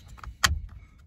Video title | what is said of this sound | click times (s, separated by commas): 2011-2020 Hyundai Elentra Clock Spring Replacement, Steering airbag removal, airbag light ON. | You come out over here, you click, you see that? You hear it? | 0.5 s